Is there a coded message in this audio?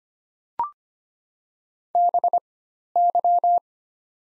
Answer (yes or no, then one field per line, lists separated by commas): yes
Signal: Morse code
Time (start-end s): 2.0-3.6 s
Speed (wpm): 25 wpm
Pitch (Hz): 700 Hz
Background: none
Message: BY